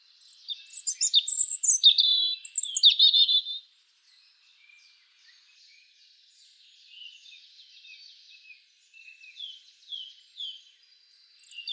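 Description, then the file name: European robin delivering a loud, tumbling phrase of high, liquid notes, then a short pause and quieter, scratchy twittering. "Erithacus rubecula"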